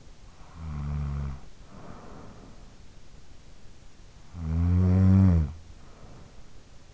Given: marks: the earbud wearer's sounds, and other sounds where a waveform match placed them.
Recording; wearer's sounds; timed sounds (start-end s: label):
sounds in sleep by an in-ear microphone; snoring breath
0.00-2.81 s: snoring breath
3.95-6.66 s: snoring breath